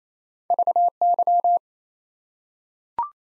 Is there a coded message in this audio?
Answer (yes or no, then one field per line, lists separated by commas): yes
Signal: Morse code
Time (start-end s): 0.5-1.6 s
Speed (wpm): 28 wpm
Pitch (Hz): 700 Hz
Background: none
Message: VY